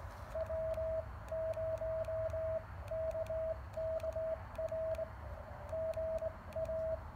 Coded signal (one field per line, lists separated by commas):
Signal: Morse code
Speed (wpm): 17 wpm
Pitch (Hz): 660 Hz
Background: radio noise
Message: W0KKR GA